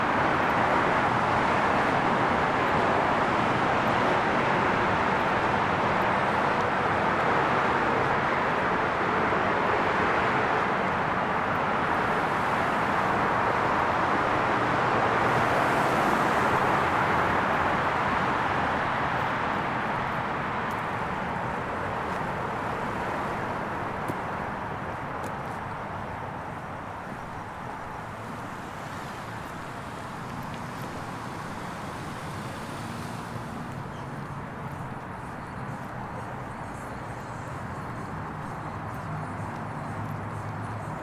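Steady traffic roars past outside a hotel, loudest in the first twenty seconds, then easing into a softer, even rush with faint scattered sounds.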